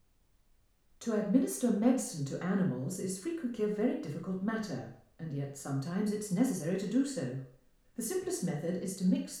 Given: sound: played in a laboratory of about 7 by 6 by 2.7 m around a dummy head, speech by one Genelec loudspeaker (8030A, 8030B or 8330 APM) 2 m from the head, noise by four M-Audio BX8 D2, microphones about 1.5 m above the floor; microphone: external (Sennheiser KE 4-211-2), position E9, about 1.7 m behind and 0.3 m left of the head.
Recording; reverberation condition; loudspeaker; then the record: female speech in English; medium; 120 degrees to the left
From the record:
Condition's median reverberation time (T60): about 510 ms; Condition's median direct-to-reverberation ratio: about -0.5 dB